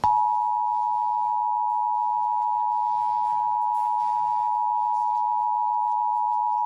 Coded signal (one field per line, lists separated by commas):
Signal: Emergency Alert System (SAME) tones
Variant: 853 and 960 Hz attention tone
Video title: Various Emergency Alert System (EAS) Tests - Month of 1/2022